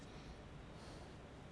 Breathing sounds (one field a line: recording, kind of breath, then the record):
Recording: one breath in and out by a microphone near the nose and mouth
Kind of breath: normal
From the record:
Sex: male